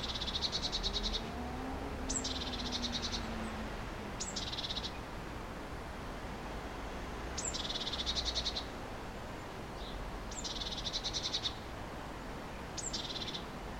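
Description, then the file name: Eurasian blue tit churring repeatedly, six buzzy rattles of varying length, some brief and some over a second, most introduced by a sharp high note, over steady hiss. "Cyanistes caeruleus"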